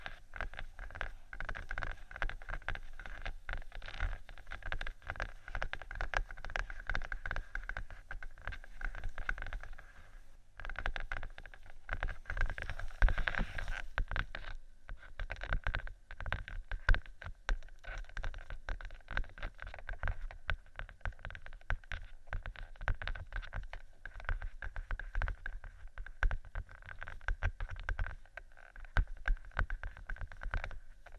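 Faux leather is scratched and tapped in a steady, dense stream of small clicks and rubs, with a brief louder scraping burst near thirteen seconds.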